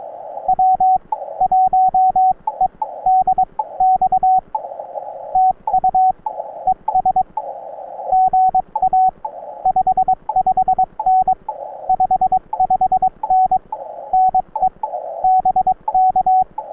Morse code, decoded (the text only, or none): W1EDX TU ES GA 55N 55N NE BK